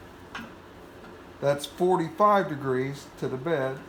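A Nova 1624-44 II wood lathe headstock is swivelled until its spring locating pin drops into the swivel detent at 45 degrees to the bed. The pin seats with a single metallic tick at 0.4 s, locking the headstock into position, and then someone talks.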